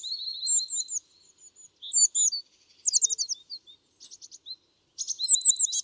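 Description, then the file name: Eurasian blue tit calls: high thin notes and short downslurred chips, a buzzy churring burst near three seconds, then faster scolding notes and bright twittering at the end. "Cyanistes caeruleus"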